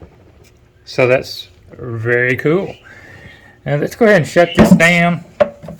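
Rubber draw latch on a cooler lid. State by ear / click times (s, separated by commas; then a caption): not seated / none. Someone talks while shutting the lid of a hard-sided Hogg cooler to bring its stout rubber draw latch down, with a brief sharp tap near the end. The latch has not popped closed yet; nothing has seated or clicked.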